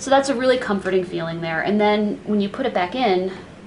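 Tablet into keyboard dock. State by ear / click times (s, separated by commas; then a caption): not seated / none. Someone talks while handling an HP Envy x2 tablet, which has magnets built into its bottom, as it is brought back toward its magnetic keyboard dock. The tablet has not yet seated or clicked into the dock when the clip ends.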